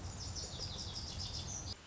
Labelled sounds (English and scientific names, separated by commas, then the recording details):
Lazuli Bunting (Passerina amoena)
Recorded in Sonoma County, California